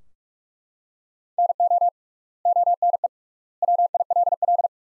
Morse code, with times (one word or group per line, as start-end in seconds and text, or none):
1.4-1.9 NO
2.5-3.1 ONE
3.6-4.7 WILL